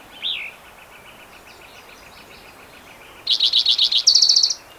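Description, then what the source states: Spotted Towhee song with a handful of slurred notes leading into a fast trill; a single wavering whistle sounds near the start. Individual number one, recorded June 22, 2010, in Rhodes Canyon, Utah County, Utah.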